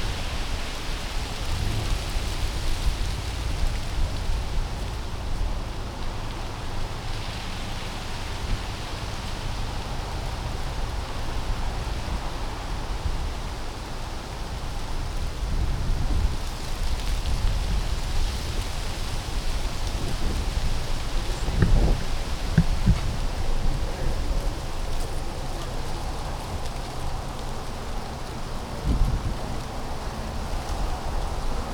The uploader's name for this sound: Gentle Wind Through the Trees